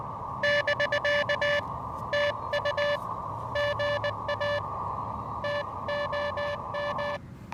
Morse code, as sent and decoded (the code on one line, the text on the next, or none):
-...-.- / - ..- / --. .- / - --- --
<BK> TU GA TOM